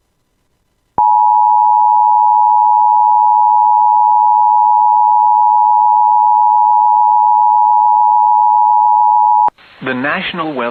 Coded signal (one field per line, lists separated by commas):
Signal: Emergency Alert System (SAME) tones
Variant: 853 and 960 Hz attention tone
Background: speech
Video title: [EAS] Severe Thunderstorm Warning for Whapeton and Fergus Falls [6/19/25]